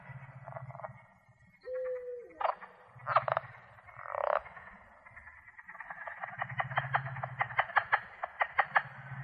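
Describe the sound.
Plains leopard frog calls as trains of clicking pulses among low chorus hum, with a short flat squeak and a few harsh notes early on.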